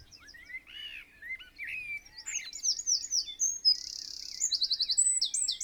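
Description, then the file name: Eurasian wren song: scattered chirps give way to a torrent of piercing high notes, a long even buzzing trill, then quick repeated phrases. "Troglodytes troglodytes"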